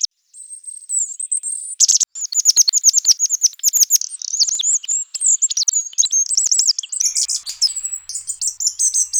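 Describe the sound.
Bird calls: a dense, rapid run of very high, thin chirps and twitters, jumbled and varying in pitch, continuing almost without pause after a brief sustained whistle.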